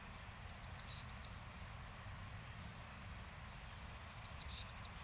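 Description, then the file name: Eurasian blue tit giving quick bursts of high, sharp call notes, two clusters early and two more near the end, against a low constant background hum. "Cyanistes caeruleus"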